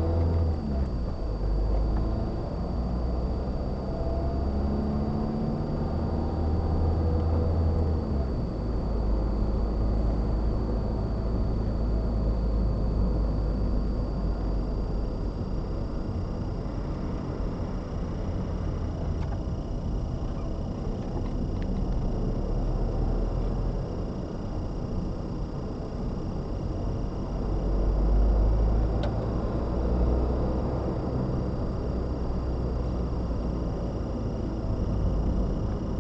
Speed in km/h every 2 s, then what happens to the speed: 31, 35, 40, 40, 42, 40, 37, 32, 29, 27, 31, 34, 34, 42, 50, 45, 40, 39.
0-4 speeds up to 40. 4-9 steady at about 40. 9-19 slows to 27. 19-21 speeds up to 34. 24-28 speeds up to 50. 28-36 slows to 39.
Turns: 16-20.